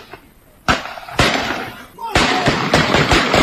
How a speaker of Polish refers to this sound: Interweniować musiało wojsko, a uliczne strzelaniny słychać było przez wiele godzin.